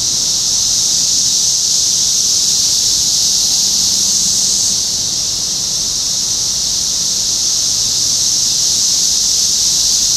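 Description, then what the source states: Cicadas in a steady high buzzing chorus that dips slightly in strength midway and then continues unbroken. Several cicadas recorded in Topeka, Kansas, on 14 June 2015.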